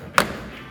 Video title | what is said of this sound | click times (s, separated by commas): Headlight Upgrade - 2020+ Chevy Silverado Morimoto XB HYBRID Headlights - Review and Install | you'll hear it click that'll pull it out | 0.2 s